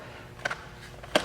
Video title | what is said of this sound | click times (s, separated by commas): Battery Installation | it and let it snap back into place | 0.5 s, 1.2 s